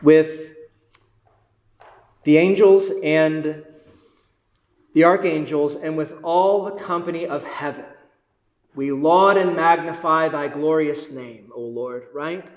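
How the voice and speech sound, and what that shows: Adult male preacher reciting a liturgical prayer, with long silent blocks and stretched sounds before vowel-initial words, then fluent speech: stuttering blocks. Words starting with vowels are especially hard for him.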